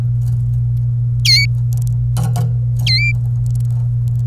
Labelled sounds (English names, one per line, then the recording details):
Domestic Canary song
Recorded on 26 April 2018 at 16:08
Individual llb3